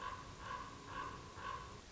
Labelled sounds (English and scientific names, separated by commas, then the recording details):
Common Raven (Corvus corax)
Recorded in Sonoma County, California